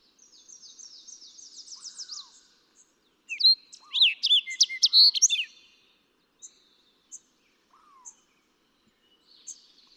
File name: Fox Sparrow